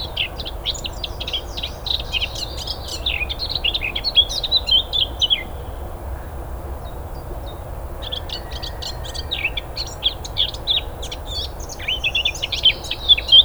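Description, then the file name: Eurasian blackcap song, an energetic warbled phrase, a quiet gap of a couple of seconds, then renewed rapid chirping and twittering. "Sylvia atricapilla"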